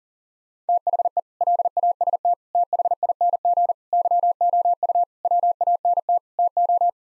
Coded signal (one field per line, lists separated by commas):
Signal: Morse code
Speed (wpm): 37 wpm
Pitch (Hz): 700 Hz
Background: none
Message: THE LAST THING YOU WANT TO